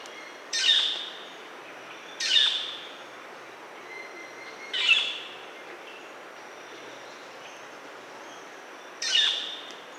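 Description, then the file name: Metallic starling giving harsh, buzzy bursts of song, four short rasping notes spaced irregularly over ten seconds against a steady hiss. "canto-do-estorninho-metálico"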